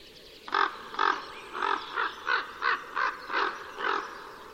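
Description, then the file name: Common raven calling in a series of nine hoarse, nasal caws against a quiet outdoor background. "voron golos"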